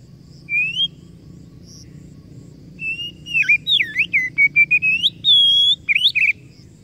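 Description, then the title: Oriental magpie-robin song: a lone whistled note, a pause, then a rapid run of varied rising and falling whistles with sharp slurs. Masteran (training recording) meant to provoke kacer into gacor (full, active singing); described as successful, the bird going on to become a contest champion. "Masteran Kacer Yang Sukses Memancing Kacer Gacor Sampai Jadi Juara"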